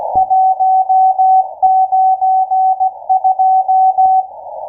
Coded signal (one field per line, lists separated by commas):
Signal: Morse code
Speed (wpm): 17 wpm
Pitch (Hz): 760 Hz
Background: none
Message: 192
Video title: M12 12187.00kHz Morse Code (WebSDR Utwente)